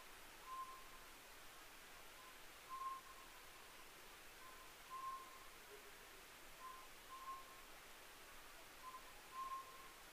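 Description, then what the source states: Oriental scops owl giving soft whistled note groups, repeated roughly every two seconds, fairly faint against a hissy background. Recorded 15 May 2010 at 23:06.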